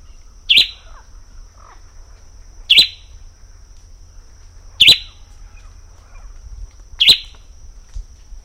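Bird calls: four sharp, descending high chirps, each about two seconds apart, with a constant thin high tone in the background.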